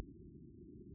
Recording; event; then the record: neck accelerometer signal played as sound; no cough (speech, laughter, throat clearing or background)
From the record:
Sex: female